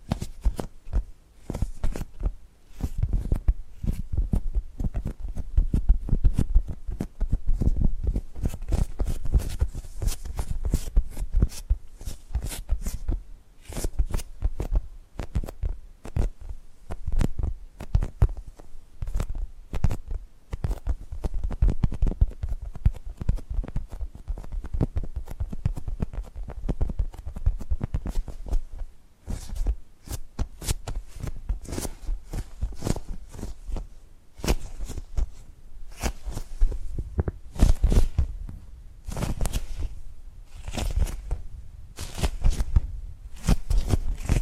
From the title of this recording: Tapping and Gripping Sounds